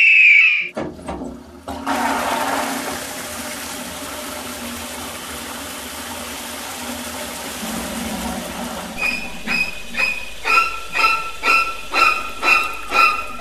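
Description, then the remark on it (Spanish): Water rushes loudly and steadily for several seconds as a man changes a pet bird's water, then the small bird gives a run of rhythmic, high-pitched chirping squeaks repeating about twice a second. “Hasta cambió mi abuelo el agua a su pajarito.”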